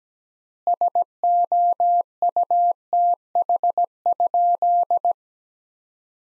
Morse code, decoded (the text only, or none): SOUTH?